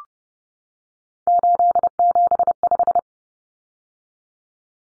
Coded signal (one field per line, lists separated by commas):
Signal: Morse code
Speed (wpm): 30 wpm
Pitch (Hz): 700 Hz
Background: none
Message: 875